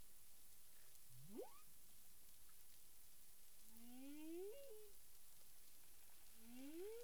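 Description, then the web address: Humpback whale gives a quick rising whoop followed by two long swelling moans that climb and bend, heard over a persistent background hiss. Caribbean, 9 April 2002, 18:36 UTC. "humpback whale 20020409 183653 UTC"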